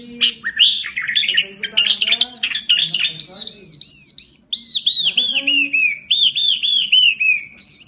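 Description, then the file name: Bimaculated lark song opening with chattering notes, then a long series of arched, slurred whistles slowly dropping in pitch, with a soft low hum underneath. "drunk sound bimaculated lark"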